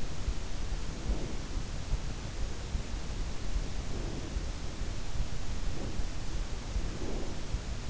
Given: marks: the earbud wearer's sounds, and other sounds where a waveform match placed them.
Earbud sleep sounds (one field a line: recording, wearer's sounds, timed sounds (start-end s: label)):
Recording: sounds in sleep by an in-ear microphone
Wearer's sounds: breath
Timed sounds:
0.60-2.02 s: breath
3.57-5.06 s: breath
5.44-7.64 s: breath